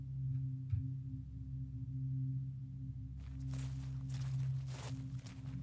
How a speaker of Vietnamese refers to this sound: Chợp mắt chưa được bao lâu, ở bên ngoài vang lên tiếng bước chân lảo xảo.